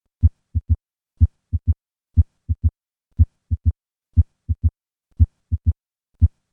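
Simulated adult heart sounds at about 60 beats per minute, with the murmur removed, in the left lateral decubitus position. Each beat is S1, S2 and then a low-pitched tumor plop from a left atrial myxoma. The S2 to tumor plop interval lengthens from about 80 to about 150 ms in this position. Left atrial tumors can mimic mitral stenosis to the point of causing heart failure.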